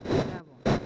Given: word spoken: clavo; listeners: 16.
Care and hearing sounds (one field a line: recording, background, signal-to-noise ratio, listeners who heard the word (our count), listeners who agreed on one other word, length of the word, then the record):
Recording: one Spanish word in noise, from a listening test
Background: noise modulated by one talker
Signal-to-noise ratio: -12.0 dB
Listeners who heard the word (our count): 1 of 16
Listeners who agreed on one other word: 8 of 16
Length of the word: 0.47 s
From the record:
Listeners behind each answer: 8, 2, 2, 2, 1, 1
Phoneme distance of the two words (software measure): 17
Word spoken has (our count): 2 syllables, 5 phonemes, stress on syllable 1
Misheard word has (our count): 2 syllables, 4 phonemes, stress on syllable 1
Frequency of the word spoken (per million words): 6.71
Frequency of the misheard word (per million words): 6.85